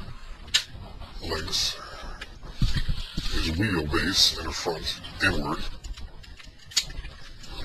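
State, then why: Seated. Someone talks while moving the front wheel base of a plastic Transformers robot toy inward toward its locked position on the body, with light plastic handling sounds throughout. A sharp click at 6.8 s marks the plastic parts seating and locking into place.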